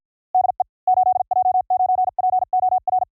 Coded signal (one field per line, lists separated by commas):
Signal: Morse code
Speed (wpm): 53 wpm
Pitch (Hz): 740 Hz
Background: none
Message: DE 8J9POR